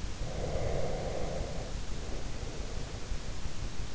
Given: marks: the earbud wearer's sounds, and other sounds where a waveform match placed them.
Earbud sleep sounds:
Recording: sounds in sleep by an in-ear microphone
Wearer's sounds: breath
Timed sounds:
0.18-3.09 s: breath

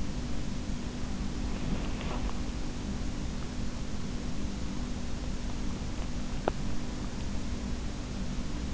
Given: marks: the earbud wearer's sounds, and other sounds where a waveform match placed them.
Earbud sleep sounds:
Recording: sounds in sleep by an in-ear microphone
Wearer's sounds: teeth grinding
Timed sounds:
1.94-2.26 s: teeth grinding
6.30-6.80 s: teeth grinding

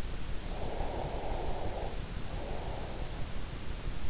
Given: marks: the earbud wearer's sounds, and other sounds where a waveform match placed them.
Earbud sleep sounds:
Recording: sounds in sleep by an in-ear microphone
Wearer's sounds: breath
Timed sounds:
0.34-3.09 s: breath

